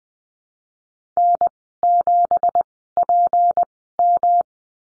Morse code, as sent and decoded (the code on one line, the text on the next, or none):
-. --... .--. --
N7PM